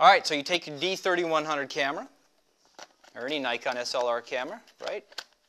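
A Nikon D3100 SLR camera body is handled for mounting into an FSA spotting-scope camera bracket after the scope's eyepiece has been removed, while someone talks throughout with a short pause in the middle. Nothing has seated or clicked into the bracket yet.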